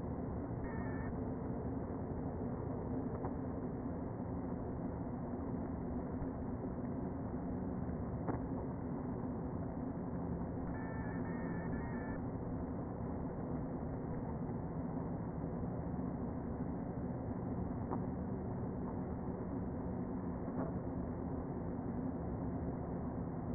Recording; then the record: honeybee colony, microphone inside the hive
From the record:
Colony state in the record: queen present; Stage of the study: before two queens were removed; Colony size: about 60,000 bees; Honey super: yes